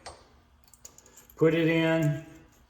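A metal snap ring is handled at the groove of a motorcycle rear shock body above the seal head, where it will retain the seal head, on an MX-Tech Slavens Mule shock valving system. Faint metallic ticks and light handling sounds come between 0.1 and 1.1 seconds, then someone talks from about 1.4 to 2.2 seconds. Nothing has seated or snapped into the groove yet.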